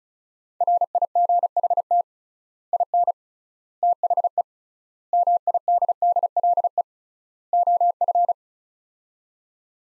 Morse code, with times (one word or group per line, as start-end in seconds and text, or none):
0.6-2.0 RIGHT
2.7-3.1 IN
3.8-4.4 THE
5.1-6.8 MIDDLE
7.5-8.3 OF